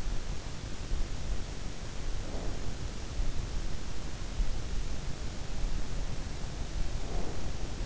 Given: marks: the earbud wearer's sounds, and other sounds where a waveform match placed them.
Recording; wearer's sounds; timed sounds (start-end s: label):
sounds in sleep by an in-ear microphone; breath
2.05-2.95 s: breath
6.64-7.86 s: breath